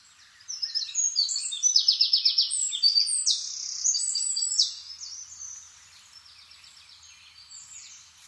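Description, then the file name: Eurasian wren song: loud, fast stream of high trills and sharp chattering notes for about four seconds, then fading quieter twitters. "Troglodytes troglodytes"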